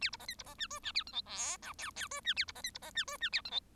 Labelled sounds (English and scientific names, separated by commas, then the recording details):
Bengalese Finch (Lonchura striata domestica) song
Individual Bird1